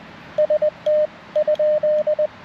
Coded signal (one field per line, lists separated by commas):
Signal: Morse code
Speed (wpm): 21 wpm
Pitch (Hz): 610 Hz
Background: radio noise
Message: ST?